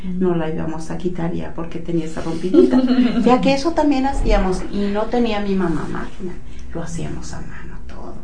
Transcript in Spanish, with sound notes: No la íbamos a quitar ya porque tenía esa rompidita. (risas) Ya que eso también hacíamos y no tenía mi mamá máquina lo hacíamos a mano todo.